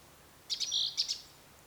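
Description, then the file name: Great tit call, one brief burst of sharp high ticks joined by a thin whistled note, under a second long. "Parus major"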